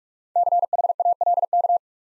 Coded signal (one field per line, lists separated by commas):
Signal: Morse code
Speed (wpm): 45 wpm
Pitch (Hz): 700 Hz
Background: none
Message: CHALK